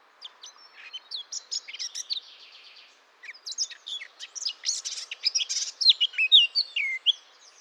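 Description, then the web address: Eurasian blackcap song with chattering notes and a soft rasping phrase, breaking off briefly, then building into louder whistled, sweeping notes toward the end. "SETE data Sylvia atricapilla"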